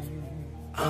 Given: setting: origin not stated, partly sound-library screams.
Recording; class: one-second piece from a danger detection set; normal situation